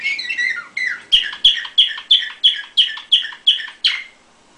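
Canary song: a warbled opening phrase followed by about ten evenly repeated sharp chirps, about three a second.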